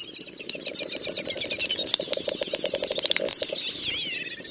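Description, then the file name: Great snipe song of fast clicking and popping notes under high, wavering whistled trills, closing with a descending sweeping whistle. "Dubelt"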